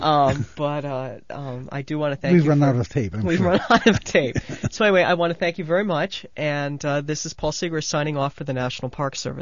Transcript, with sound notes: But, uh, I do want to thank you.
We've run out of tape.
We're run out of tape. (they laugh) So, anyway, I want to thank you very much, and this is Paul Sigrist signing off for the National Park Service.